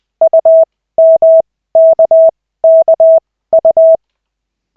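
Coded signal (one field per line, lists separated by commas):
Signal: Morse code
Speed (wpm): 20 wpm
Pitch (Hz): 650 Hz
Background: none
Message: UMKKU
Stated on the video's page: Koch method Morse practice session from LCWO lessons, two characters stage.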